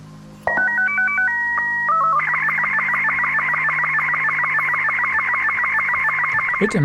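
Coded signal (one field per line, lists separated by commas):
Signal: SSTV (slow-scan television)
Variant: Robot 36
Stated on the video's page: Hidden encrypted signal from the game STALKER 2, part of an ARG puzzle added in patch 1.6.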